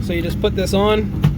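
A detachable steering wheel is being put onto the quick-release hub welded to the steering column of a turbo BMW E46 drift build. Someone talks over a low, steady hum, with a brief soft bump near 1.2 seconds. The clip ends before the wheel goes home, and nothing has seated or clicked yet.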